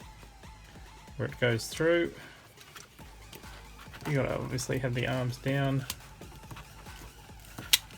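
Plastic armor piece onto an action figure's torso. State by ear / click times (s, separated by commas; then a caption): seated / 7.7 s. With the figure's arms down, a plastic armor piece is pushed over an action figure's torso while someone talks. Quiet plastic handling sounds follow, then a sharp plastic snap at 7.7 s as the armor piece locks into place, leaving the head still able to rotate.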